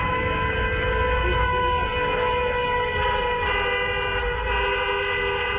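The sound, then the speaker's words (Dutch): Car horns honk in a sustained, overlapping blare, steady and loud, with a rumble of traffic beneath and no voices. “Ja, toeterende auto's en dat soort dingen.”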